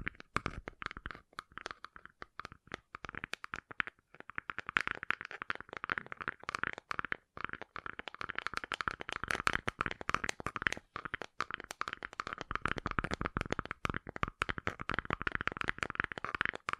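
Gentle tapping in dense, rapid clicks with scratchy, crinkly texture, fairly steady throughout with brief pauses, brightest in the upper middle.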